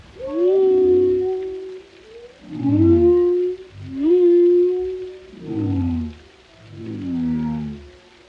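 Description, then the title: Whale song phrases: long mid-pitched moans with rich harmonics, some sliding upward, five swelling units over eight seconds. Whale vocalizations including moans, resonant calls and songs, for relaxation. "Soothing Symphony of the Deep: Captivating Whale Sounds for Relaxation"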